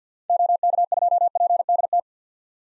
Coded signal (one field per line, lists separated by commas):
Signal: Morse code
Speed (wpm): 50 wpm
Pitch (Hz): 700 Hz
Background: none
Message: OK2PDT